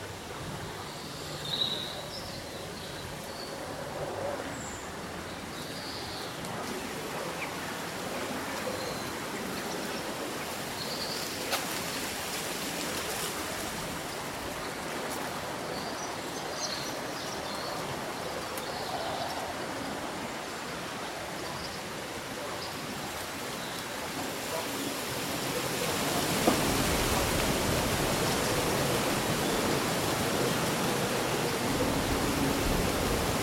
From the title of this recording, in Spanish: Día ventoso de verano, susurro de hojas y canto de pájaros